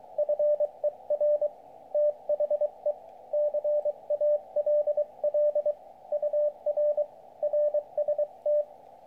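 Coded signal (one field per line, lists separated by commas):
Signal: Morse code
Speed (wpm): 23 wpm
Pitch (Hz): 590 Hz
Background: radio noise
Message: FER THE CALL UR RST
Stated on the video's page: CW contacts on 40m using an 8010P end-fed antenna installed on a roof.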